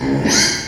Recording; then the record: squeal of a Yucatan mini pig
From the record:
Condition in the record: before surgery on the right vocal fold (resection and tissue-engineered implant); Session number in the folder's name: 2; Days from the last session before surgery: 0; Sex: male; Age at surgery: 12 weeks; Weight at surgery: 13 kg